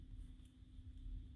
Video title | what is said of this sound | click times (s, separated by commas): Snuggle Buddies on 22 peg Addi/Seam on Head Snuggle Buddies/Easy Stuffed Animal on Addi/Addi Express | and i went to the second little click whenever you put your safety backs on | 0.5 s